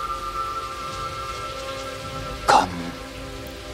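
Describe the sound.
Steady rain hisses evenly throughout, with a low sustained musical drone underneath, and a man briefly speaks a single word partway through.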